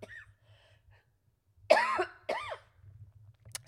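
Two short, voiced cough bursts about half a second apart, the first louder and slightly longer, heard in a quiet room. It is a dry, throaty cough from an adult woman, a lingering cough she has had since her babies had coughs.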